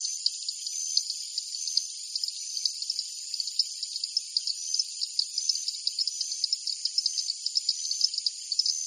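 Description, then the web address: Chorus of insects trilling high and shrill, short pulsed bursts repeating quickly over an unbroken buzzing drone. Insects in a jungle at night. "Partners In Rhyme Jungle Night Insects"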